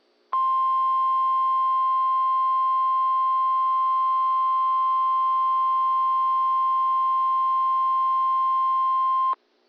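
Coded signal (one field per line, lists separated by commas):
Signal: Emergency Alert System (SAME) tones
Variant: 1050 Hz attention tone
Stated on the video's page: NWS required weekly test received on KIH34 via Uniden BC125AT, WWF62 via Raddy RF75a with SAGE EAS ENDEC 1822, KWO37 via Kenwood TH-D74a direct audio.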